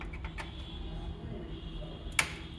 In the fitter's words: কট করে শব্দ করবে,